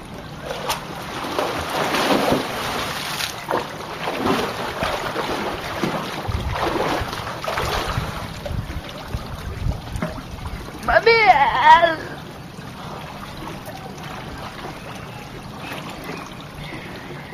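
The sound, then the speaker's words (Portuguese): Steady wind and water noise, then a short, loud splash of a person diving into a very cold home swimming pool in summer in Spain, followed by quieter lapping water. “A água está geladíssima. Vamos mergulhar?”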